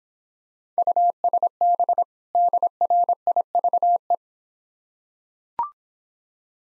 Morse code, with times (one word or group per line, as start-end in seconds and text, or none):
0.8-2.0 USB
2.3-4.2 DRIVE